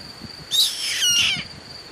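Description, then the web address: Bird gives one grating, buzzy call of just under a second with layered harmonics, set against a steady high-pitched background tone and faint low noise. "BIRD 2015 SABIOD 50 bird 2015"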